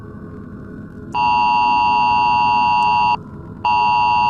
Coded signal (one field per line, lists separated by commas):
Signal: Emergency Alert System (SAME) tones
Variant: 853 and 960 Hz attention tone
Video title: Nuclear Apocalypse - WW3 EAS Scenario (REUPLOAD)